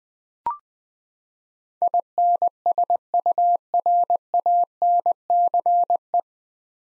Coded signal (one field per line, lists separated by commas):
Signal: Morse code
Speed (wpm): 20 wpm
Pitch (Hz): 700 Hz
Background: none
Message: INSURANCE